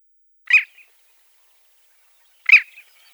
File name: Pomornik dlinnohvostyj